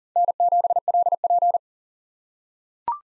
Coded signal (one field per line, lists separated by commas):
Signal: Morse code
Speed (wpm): 40 wpm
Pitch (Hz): 700 Hz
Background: none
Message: N7LP